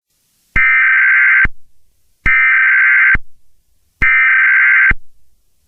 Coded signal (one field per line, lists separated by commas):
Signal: Emergency Alert System (SAME) tones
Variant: header bursts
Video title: EAS Scenario 9|| Demons And Monsters